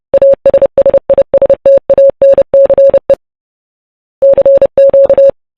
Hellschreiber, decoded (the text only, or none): none